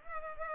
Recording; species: mosquito wingbeat signal from an infrared sensor; Culex pipiens